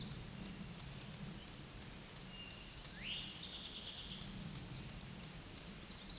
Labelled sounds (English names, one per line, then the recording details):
Eastern Towhee song
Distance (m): 35 m
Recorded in a Pennsylvania forest on 17 May 2023 at 13:57
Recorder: AudioMoth, point grid1_35_low
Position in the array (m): 137 m, 116 m